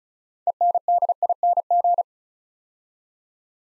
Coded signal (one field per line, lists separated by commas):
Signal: Morse code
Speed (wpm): 36 wpm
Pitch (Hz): 700 Hz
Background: none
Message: ENDING